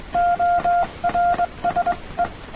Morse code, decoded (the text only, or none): ORSE